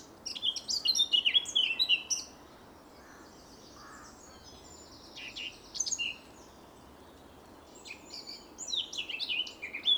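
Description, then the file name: Eurasian blackcap song, rapid bursts of varied scratchy and warbled high notes, one at the start and another near the end, with soft background hiss between. "Sylvia atricapilla"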